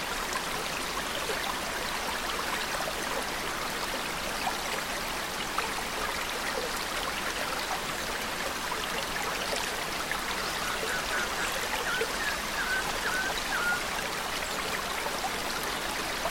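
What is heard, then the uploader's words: A waterfall pours down into a pool in a steady, dense rush of water that holds an even level throughout. The splashing is thick and fairly bright, with little change. A few faint bird chirps slip through briefly near the end. Waterfall & Bird Songs. A cascading waterfall streaming down into a green pool. Birds chirp.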